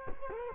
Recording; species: mosquito wingbeat signal from an infrared sensor; Culex quinquefasciatus